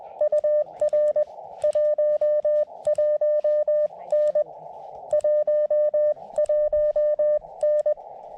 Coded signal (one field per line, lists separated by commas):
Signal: Morse code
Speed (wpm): 20 wpm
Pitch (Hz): 590 Hz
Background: none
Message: UR 11N 11N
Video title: My very first SOTA activation (and a POTA activation too)!